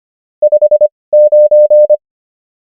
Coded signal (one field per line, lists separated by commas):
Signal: Morse code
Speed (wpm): 25 wpm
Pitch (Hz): 600 Hz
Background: none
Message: 5 9